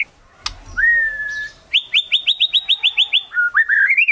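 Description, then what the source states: White-rumped shama song: a sharp click, a long steady whistle, then a fast series of short chirps, ending in varied warbled whistles. Song used as a lure for trapping birds.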